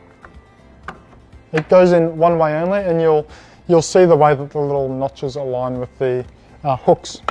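The cleaned plastic top screen of a round downpipe diverter's air gap is pushed back into its housing, with its notches lined up with the hooks inside. A faint tap is followed by a sharp snap at 0.9 s as the screen seats, and then someone talks.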